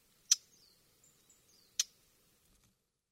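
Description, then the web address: Lesser whitethroat giving two hard, dry tacking notes about one and a half seconds apart, with faint thin high notes between them and quiet surroundings. Sakata, Yanagawa; 19 October 2020. "koe konodojiro 201019 sakata yanagawa"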